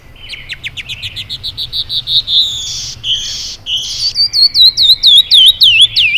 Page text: Canyon Wren - Catherpes mexicanus - Birds of the World